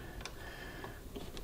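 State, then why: Not seated. A braided spark plug wire boot is handled and pushed toward the rear spark plug of a motorcycle engine, with a few brief, faint ticks and handling noises around 0.3, 0.8 and 1.4 seconds over a steady low background. The boot has not seated or clicked onto the plug yet.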